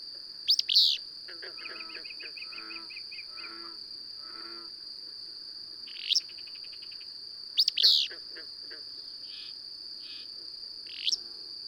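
Bird chirps: loud phrases recur several times, with a rapid run of fine ticking notes after the first, over an unbroken high-pitched insect-like hum.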